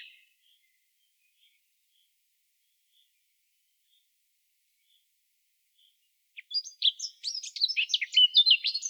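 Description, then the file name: Eurasian blackcap giving a quick burst of scratchy warbling chirps near the end, after several seconds of near silence with faint notes. "Sylvia atricapilla"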